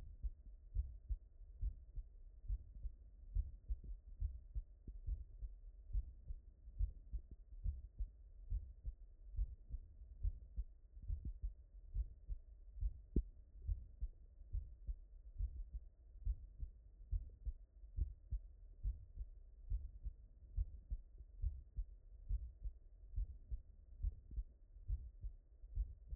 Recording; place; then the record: heart sounds by stethoscope; tricuspid valve (TV)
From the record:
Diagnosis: non-HFrEF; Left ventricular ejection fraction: 74%